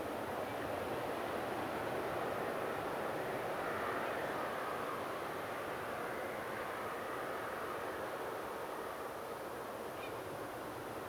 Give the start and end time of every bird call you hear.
9.97s-10.09s: Grey Heron (Ardea cinerea) (2.2-4.4 kHz)

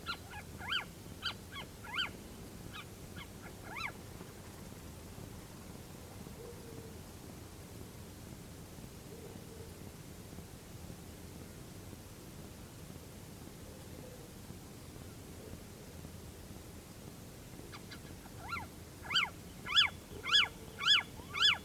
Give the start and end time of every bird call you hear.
0.07s-0.85s: Little Owl (Athene noctua) (0.6-5.1 kHz)
1.22s-2.09s: Little Owl (Athene noctua) (0.5-5.0 kHz)
2.73s-2.85s: Little Owl (Athene noctua) (1.1-3.9 kHz)
3.15s-3.92s: Little Owl (Athene noctua) (0.5-6.6 kHz)
17.70s-18.11s: Little Owl (Athene noctua) (0.8-5.0 kHz)
18.39s-18.66s: Little Owl (Athene noctua) (0.6-4.3 kHz)
19.04s-19.31s: Little Owl (Athene noctua) (0.6-8.0 kHz)
19.66s-19.92s: Little Owl (Athene noctua) (0.5-7.0 kHz)
20.21s-20.49s: Little Owl (Athene noctua) (0.6-7.0 kHz)
20.77s-21.03s: Little Owl (Athene noctua) (0.6-6.9 kHz)
21.32s-21.60s: Little Owl (Athene noctua) (0.6-7.0 kHz)

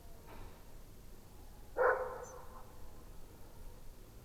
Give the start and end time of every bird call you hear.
2.23s-2.33s: European Pied Flycatcher (Ficedula hypoleuca) (5.6-7.7 kHz)

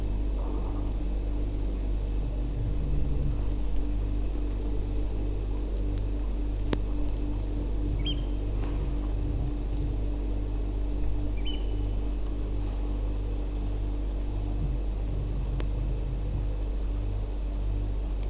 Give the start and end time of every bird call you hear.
7.99s-8.13s: Eurasian Oystercatcher (Haematopus ostralegus) (1.8-6.6 kHz)
11.37s-11.56s: Eurasian Oystercatcher (Haematopus ostralegus) (1.6-6.3 kHz)

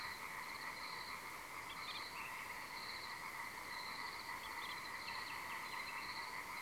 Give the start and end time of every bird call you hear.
1.67s-2.01s: Common Moorhen (Gallinula chloropus) (2.2-3.7 kHz)
2.15s-2.30s: Common Nightingale (Luscinia megarhynchos) (2.2-2.9 kHz)
4.41s-4.75s: Common Moorhen (Gallinula chloropus) (1.9-3.7 kHz)
5.05s-6.01s: Common Nightingale (Luscinia megarhynchos) (2.2-4.1 kHz)

